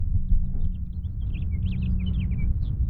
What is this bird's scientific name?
Haemorhous mexicanus